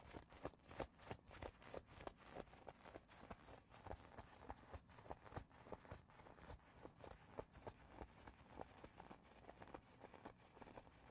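Rapid tapping and scratching run throughout, a dense string of short, sharp knocks at an uneven but quick pace, several per second. Between the taps a rough scraping texture fills in, and the level stays fairly steady across the clip.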